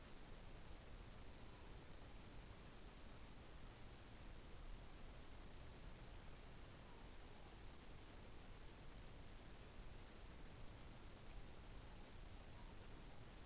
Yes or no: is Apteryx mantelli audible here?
no